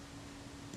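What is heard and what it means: An out-of-position metal shutter blade in the shutter assembly of a Suzuki Optical Press Van camera is being handled and worked back toward its slot. A steady low hum runs under faint handling rustle, with a slight rise near the end. Nothing has seated or clicked yet.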